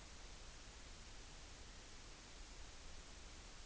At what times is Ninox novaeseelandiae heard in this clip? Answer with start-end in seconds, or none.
none